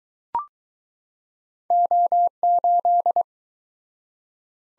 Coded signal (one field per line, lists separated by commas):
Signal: Morse code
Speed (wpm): 20 wpm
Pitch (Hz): 700 Hz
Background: none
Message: O8